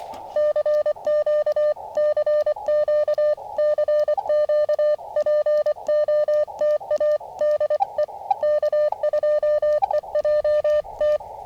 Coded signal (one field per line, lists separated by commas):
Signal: Morse code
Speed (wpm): 24 wpm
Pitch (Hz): 600 Hz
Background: none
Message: CQ CQ CQ POTA DE K2EJT